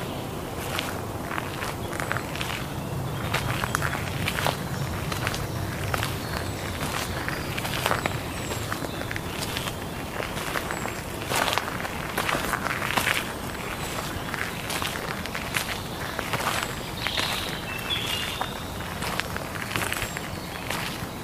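A soundwalk at the Ludwigsteich near Roßdorf: footsteps crunch along at a steady, regular pace throughout. A low rumble sits underneath, strongest in the first few seconds, and brief chirps of birds break through now and then, especially near the end.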